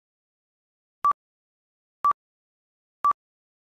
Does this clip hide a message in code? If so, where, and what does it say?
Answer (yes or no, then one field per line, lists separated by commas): no